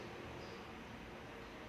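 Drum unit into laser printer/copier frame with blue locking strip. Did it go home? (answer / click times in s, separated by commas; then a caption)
no / none. A drum unit is pushed to the right and inward into the frame of a Kyocera ECOSYS M2640idw laser printer/copier, with its blue locking strip expected to latch lightly. Only a steady low background hum is heard, with no distinct sound events, and someone talks. The blue lock has not latched yet and nothing has clicked.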